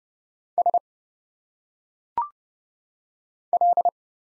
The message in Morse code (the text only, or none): S L